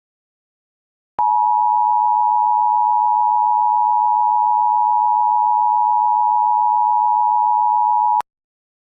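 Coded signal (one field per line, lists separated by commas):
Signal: Emergency Alert System (SAME) tones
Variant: 853 and 960 Hz attention tone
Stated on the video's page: Fictional EAS scenario, not a real alert.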